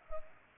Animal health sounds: mosquito wingbeat signal from an infrared sensor; Culex pipiens

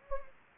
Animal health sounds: mosquito wingbeat signal from an infrared sensor; Anopheles gambiae

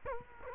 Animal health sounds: mosquito wingbeat signal from an infrared sensor; Culex quinquefasciatus

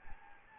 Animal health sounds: mosquito wingbeat signal from an infrared sensor; Anopheles gambiae

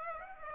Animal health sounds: mosquito wingbeat signal from an infrared sensor; Aedes aegypti

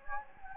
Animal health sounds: mosquito wingbeat signal from an infrared sensor; Anopheles gambiae

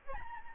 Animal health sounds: mosquito wingbeat signal from an infrared sensor; Aedes albopictus

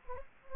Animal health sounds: mosquito wingbeat signal from an infrared sensor; Anopheles gambiae

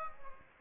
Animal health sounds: mosquito wingbeat signal from an infrared sensor; Aedes aegypti

